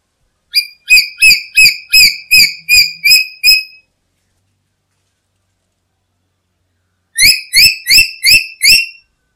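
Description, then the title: Black-capped lory calls: a rapid series of about nine harsh, buzzy notes, a pause of about three seconds, then five more in quick succession. "Nuri merah kepala hitam"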